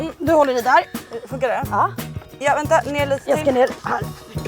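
A Mercury Avator electric outboard motor is being lowered and fitted onto the transom mount of a Päijan boat while people talk over music. Nothing has seated or clicked yet; the clip ends just before the motor goes home on the mount.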